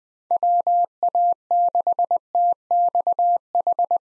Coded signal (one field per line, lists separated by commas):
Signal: Morse code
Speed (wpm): 21 wpm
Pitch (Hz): 700 Hz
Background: none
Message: WA6TXH